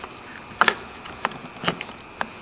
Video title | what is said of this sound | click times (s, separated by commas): Toyota Corolla Side View Mirror Replacement 2002-2009 | And it just snaps right in place. | 0.6 s